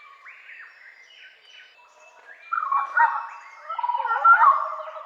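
Orange-footed scrubfowl calls: soft mewing notes at first, then a loud burst of rapid gurgling, chuckling calls.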